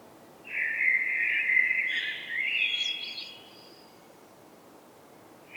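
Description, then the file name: Common blackbird song: one rich, fluted phrase lasting about three seconds, finishing in a thin high twittering flourish, then quiet hiss. "Turdus merula"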